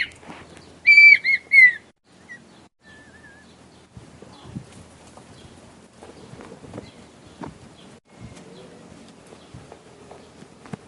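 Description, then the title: Red-winged tinamou song: one loud phrase of three whistled notes, the last falling, then a few faint whistles over quiet background noise. Male singing to the female. "Perdiz Cantando. Perdiz Macho Cantando Para A Fêmea"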